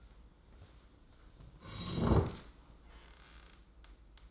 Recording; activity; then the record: daily activity, microphone in the room; sit down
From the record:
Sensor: 3